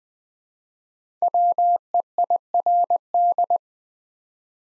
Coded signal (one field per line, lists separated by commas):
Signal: Morse code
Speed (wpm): 20 wpm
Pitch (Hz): 700 Hz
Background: none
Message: WEIRD